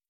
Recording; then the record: hydrophone in a shrimp aquaculture tank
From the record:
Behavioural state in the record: stressed